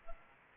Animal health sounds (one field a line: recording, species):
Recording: mosquito wingbeat signal from an infrared sensor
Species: Aedes albopictus